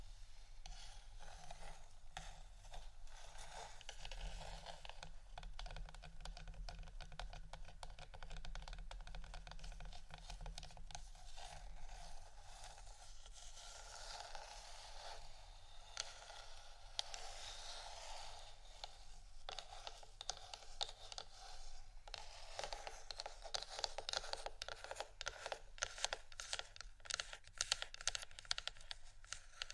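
Fingers tap and scratch on wooden objects in a dense, continuous stream of small dry clicks and scrapes with no long pauses. The texture stays fairly even, growing busier and sharper after about twenty seconds, over a steady low hum underneath.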